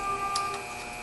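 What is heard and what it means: A plastic electrical connector is handled at a fuel injector during valve cover gasket replacement. Only steady low-level noise with faint tonal hum and a soft tick near 0.4 s is heard. Nothing has seated or clicked yet.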